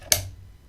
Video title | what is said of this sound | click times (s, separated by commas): Cambium XE3 4 Wi-Fi 6E Indoor Access Point - Cambium Networks XE3-4 - Introduction - Aircom Tanzania | did you hear the snap okay that bracket has now completely locked into the AP | 0.1 s